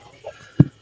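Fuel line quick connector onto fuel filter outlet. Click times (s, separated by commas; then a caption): 0.6 s. A fuel line quick connector on a 2019 Toyota Hi-Ace Commuter Deluxe is lined up with the new fuel filter's outlet nipple and pushed down. A faint sound comes at about 0.3 s, then a sharp, low click at 0.6 s. The connector seats and locks onto the filter.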